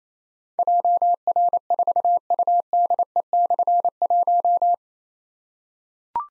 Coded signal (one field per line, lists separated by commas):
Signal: Morse code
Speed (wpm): 28 wpm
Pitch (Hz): 700 Hz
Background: none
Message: JR4UDE/1